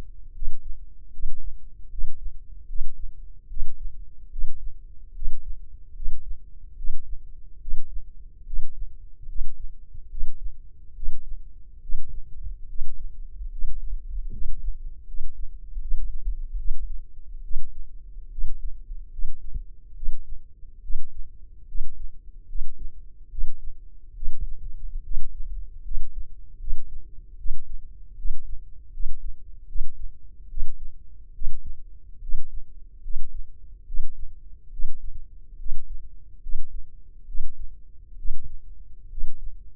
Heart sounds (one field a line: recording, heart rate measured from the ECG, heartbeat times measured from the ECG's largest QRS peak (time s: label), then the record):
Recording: heart sounds by microphone in the left ear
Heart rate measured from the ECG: 73 bpm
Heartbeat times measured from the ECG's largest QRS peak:
0.33 s: heartbeat
1.11 s: heartbeat
1.89 s: heartbeat
2.67 s: heartbeat
3.48 s: heartbeat
4.29 s: heartbeat
5.13 s: heartbeat
5.93 s: heartbeat
6.75 s: heartbeat
7.59 s: heartbeat
8.44 s: heartbeat
9.26 s: heartbeat
10.08 s: heartbeat
10.94 s: heartbeat
11.80 s: heartbeat
12.67 s: heartbeat
13.49 s: heartbeat
14.30 s: heartbeat
15.05 s: heartbeat
15.79 s: heartbeat
16.56 s: heartbeat
17.42 s: heartbeat
18.29 s: heartbeat
19.10 s: heartbeat
19.94 s: heartbeat
20.81 s: heartbeat
21.66 s: heartbeat
22.46 s: heartbeat
23.29 s: heartbeat
24.13 s: heartbeat
25.02 s: heartbeat
25.82 s: heartbeat
26.58 s: heartbeat
27.36 s: heartbeat
28.16 s: heartbeat
28.91 s: heartbeat
29.66 s: heartbeat
30.48 s: heartbeat
31.32 s: heartbeat
32.20 s: heartbeat
33.01 s: heartbeat
33.85 s: heartbeat
34.70 s: heartbeat
35.57 s: heartbeat
36.40 s: heartbeat
37.25 s: heartbeat
38.16 s: heartbeat
39.09 s: heartbeat
From the record:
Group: healthy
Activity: rest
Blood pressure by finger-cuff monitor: 134/77 mmHg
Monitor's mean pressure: 96 mmHg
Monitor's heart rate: 73 bpm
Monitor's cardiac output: 6.4 L/min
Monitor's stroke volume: 89 mL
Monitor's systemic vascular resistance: 1090 dyn s/cm5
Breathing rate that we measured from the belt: 17 breaths a minute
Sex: male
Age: 21 years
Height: 180 cm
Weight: 67.5 kg